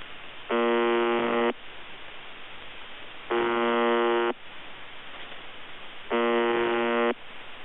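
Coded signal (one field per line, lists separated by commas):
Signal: channel marker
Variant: UVB-76 (The Buzzer)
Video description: UVB-76 "The Buzzer" sounds a bit broken. Received in Denmark with Airspy HF+ and Gqrx SDR on 2017-10-21 23:53z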